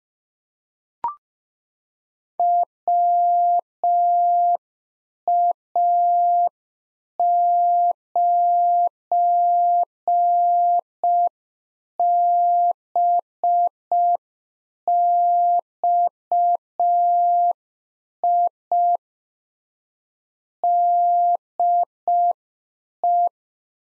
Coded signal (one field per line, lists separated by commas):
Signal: Morse code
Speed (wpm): 5 wpm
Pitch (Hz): 700 Hz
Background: none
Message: WA9BXI DE